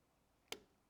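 A punch pushes a pin into a Glock pistol frame while the slide stop is pressed down so the pin engages the slide stop spring's groove. A single short, sharp click sounds at 0.5 s, then quiet. The click confirms the pin is seated in its proper place.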